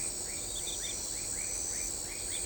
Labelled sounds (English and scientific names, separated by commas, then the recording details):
none
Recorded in shrubland near Pivijay, Magdalena, Colombia, on 18 April 2023 at 22:00
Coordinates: 10.453, -74.365
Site P5-G022